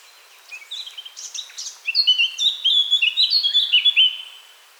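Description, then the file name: Eurasian blackcap song: hurried scratchy chatter leading into a bright, loud run of clear whistled phrases that fades out at the end. "Sylvia atricapilla"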